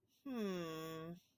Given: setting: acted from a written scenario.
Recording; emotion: vocal sound without words; confusion